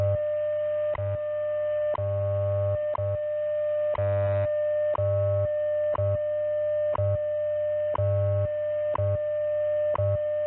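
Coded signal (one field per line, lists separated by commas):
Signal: radio time signal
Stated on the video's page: WWV time station on 5 MHz received via the Utah WebSDR, strong and clean.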